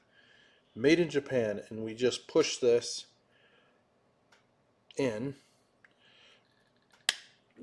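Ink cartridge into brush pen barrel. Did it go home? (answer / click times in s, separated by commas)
yes / 7.1 s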